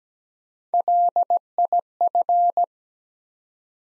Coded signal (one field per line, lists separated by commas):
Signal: Morse code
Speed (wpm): 17 wpm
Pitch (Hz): 700 Hz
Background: none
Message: LIF